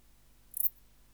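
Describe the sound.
Bush-cricket Steropleurus noblei song: one brief, very high scratchy chirp standing out against a quiet background.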